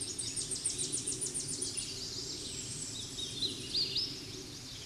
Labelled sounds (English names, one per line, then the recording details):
Hooded Warbler song
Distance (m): 50 m
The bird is about 5 m below the microphone
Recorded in a Pennsylvania forest on 16 May 2024 at 07:37
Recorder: AudioMoth, point MSD-0407
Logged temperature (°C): 15.8 °C
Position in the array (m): 30 m, 153 m